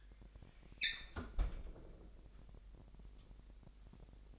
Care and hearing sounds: daily activity, microphone in the room; close fridge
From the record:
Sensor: 5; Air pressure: 1002.0 hPa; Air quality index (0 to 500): 211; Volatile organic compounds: 22 ppm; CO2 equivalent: 2743 ppm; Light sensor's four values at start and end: 11/25/11/12 and 10/23/9/10

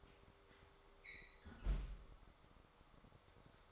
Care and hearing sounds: daily activity, microphone in the room; close fridge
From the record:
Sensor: 3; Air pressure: 1004.6 hPa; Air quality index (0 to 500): 193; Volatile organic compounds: 13 ppm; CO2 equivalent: 2416 ppm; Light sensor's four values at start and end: 5/13/5/5 and 5/13/5/5

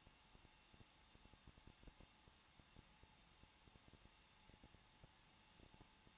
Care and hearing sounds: daily activity, microphone in the room; no activity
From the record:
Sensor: 1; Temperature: 20.1 degrees Celsius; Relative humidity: 39.4%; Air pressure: 1006.4 hPa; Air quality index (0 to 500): 219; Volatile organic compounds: 81 ppm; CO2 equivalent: 3617 ppm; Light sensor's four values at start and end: 1/2/1/1 and 1/2/1/1

